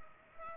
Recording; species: mosquito wingbeat signal from an infrared sensor; Culex pipiens